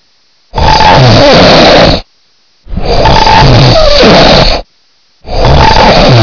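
Loud, harsh snoring in repeated bursts, about three in six seconds, each lasting roughly one and a half to two seconds with quiet gaps between.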